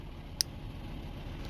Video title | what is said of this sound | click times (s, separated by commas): How To Test Oxygen Sensors In The Car With Multimeter, DIY Check 02 Sensors Good Or Bad | until you hear the click | 0.4 s